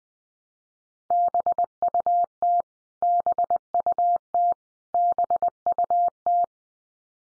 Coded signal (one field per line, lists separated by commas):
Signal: Morse code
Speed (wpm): 20 wpm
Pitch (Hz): 700 Hz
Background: none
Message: BUT BUT BUT